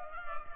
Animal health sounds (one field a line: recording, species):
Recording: mosquito wingbeat signal from an infrared sensor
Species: Culex pipiens